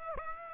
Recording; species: mosquito wingbeat signal from an infrared sensor; Aedes aegypti